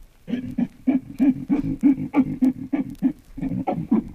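Baboon grunts: a steady series of low, rounded grunts, about three every second.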